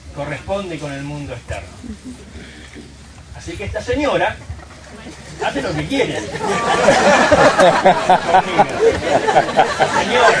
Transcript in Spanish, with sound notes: corresponde con el mundo externo. Así que esta señora hace lo que quiere.….. (RISAS) señor.